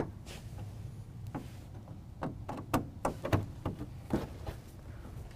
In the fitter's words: you hear it click twice its installed